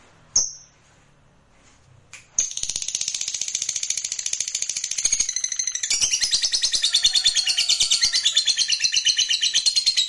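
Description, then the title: Lovebird gives a few short calls, then launches into a long, fast, shrill rattling trill that grows fuller and continues to the end. Fighter lovebird giving a long ngekek trill. "Begitu Dengar Suara Lovebird FIGHTER NGEKEK PANJANG"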